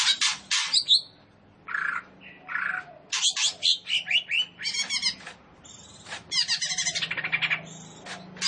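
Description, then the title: Leafbird pouring out quick, varied chips, harsh notes and buzzing trills in a busy stream with a few brief pauses. Indonesian name cucak ijo; described as gacor, singing vigorously. "Cucak Ijo Gacor"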